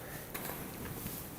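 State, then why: Not seated. The inner lid of a multi-lid vacuum blender system is pressed onto the blender container, heard as soft handling noise with a brief sharp knock at about 0.4 s. The lid has not seated or clicked into place yet.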